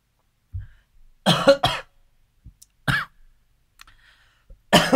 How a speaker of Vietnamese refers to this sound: xin lỗi anh chị. Mấy hôm nay tự nhiên nó ho ho.